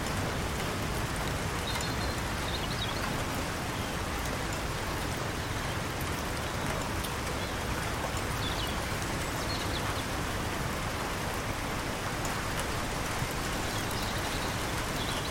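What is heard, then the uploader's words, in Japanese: Rain falls on the surface of a quiet canal, a steady, dense patter with no pauses or swells across the whole clip. The hiss covers low and high tones evenly, and faint brief chirps, possibly birds, appear now and then above it. 川の雨粒。穏やかな雨粒 が静かな運河の表面にキスを交わします。春の降りしきる雨で、空気は遠くの鳥の歌声で満ち溢れ。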